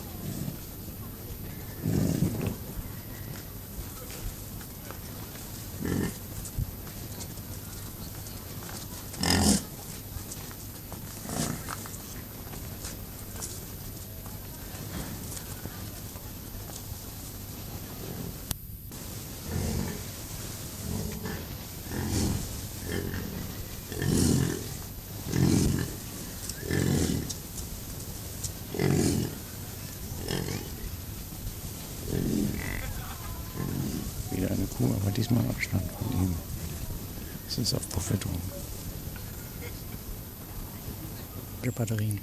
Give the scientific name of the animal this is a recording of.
Bison bonasus